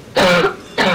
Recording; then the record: coughing mixed with background sound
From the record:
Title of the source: Barking cough - # 10